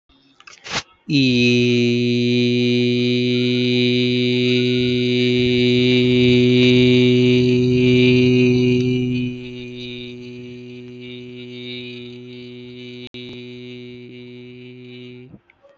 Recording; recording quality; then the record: sustained vowel as in beet; moderate, slight background noise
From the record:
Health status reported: healthy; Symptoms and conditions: none ticked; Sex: male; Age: 25 years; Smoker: not ticked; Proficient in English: yes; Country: India